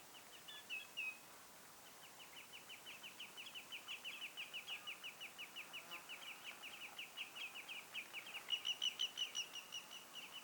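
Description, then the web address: Common greenshank calls, a couple of brief notes then a long rapid series of clipped downslurred calls. Young birds, recorded 1 August 2026. "paivat 1 8 2026 valkovikloja ilm nuoria"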